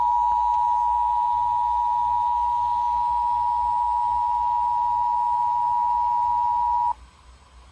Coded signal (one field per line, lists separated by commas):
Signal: Emergency Alert System (SAME) tones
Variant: 853 and 960 Hz attention tone